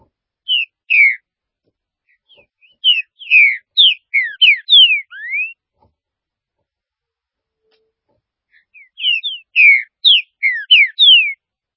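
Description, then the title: Green-winged saltator song: a few phrases of sweet, slurred whistles with quiet gaps between. "Trinca Ferro"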